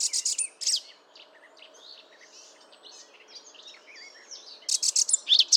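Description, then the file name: Eurasian blackcap song: loud bright bursts of warbling at the start and end, with softer twittering notes between. "Sylvia atricapilla"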